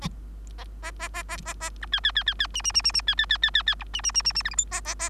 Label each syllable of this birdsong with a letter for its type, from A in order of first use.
A A A A A A A B C C C C C D D D D D C C C C C C E D D D D D F G H A A A